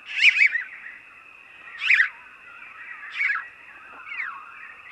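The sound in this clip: House sparrow chirps: a loud doubled chirp, another loud chirp, then two softer single chirps, spaced a second or more apart, with a steady hum underneath.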